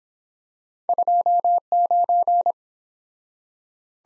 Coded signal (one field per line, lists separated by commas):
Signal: Morse code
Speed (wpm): 24 wpm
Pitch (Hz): 700 Hz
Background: none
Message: 29